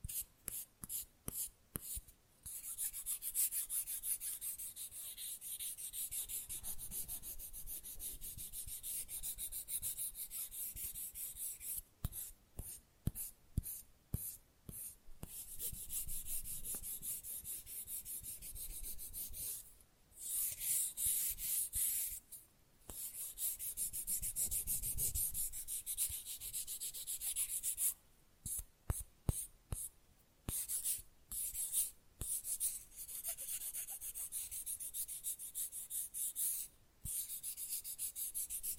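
Fast, rough nail filing rasps on in steady scratchy stretches, broken by short pauses and bursts of quick tapping around 2, 12, 20 and 29 seconds.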